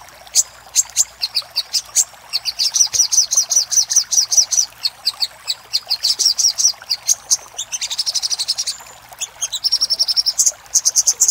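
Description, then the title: Little spiderhunter song, long fast sequences of high chips and trills, with a denser buzzy burst late on. Master recording for training cage birds. "Masteran Burung Sogok Ontong Labaik"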